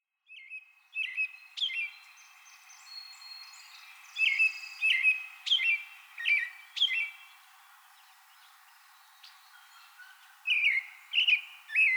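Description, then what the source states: American robin song: a run of clear whistled, caroling phrases in irregular bursts, each short and slightly warbled, with pauses between groups and some higher squeaky notes. Recorded 24 April 2020.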